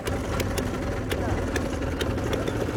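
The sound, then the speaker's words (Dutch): A boat engine in Pakistan drones steadily with a low, continuous rumble as people board the boat, broken by faint, regular ticking knocks every half second or so, holding an even loudness throughout. “En na dit gesprek stappen wij weer op onze boot.”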